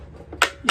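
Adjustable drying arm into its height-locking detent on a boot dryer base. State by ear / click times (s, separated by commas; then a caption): seated / 0.4 s, 0.7 s. A plastic drying arm on a boot dryer is moved to a new height after a button is pulled down, ratcheting through its height-locking detents on the base. Sharp clicks sound at 0.4 s and 0.7 s, preceded by a faint tick at 0.3 s. The arm seats into its detent positions.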